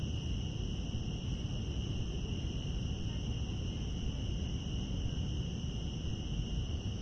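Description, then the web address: Cicadas, a continuous shrill hum, steady in pitch, over a constant low rumble. Cicadas recorded outdoors in Central Park. "Lynne Music Central-Park-Cicadas"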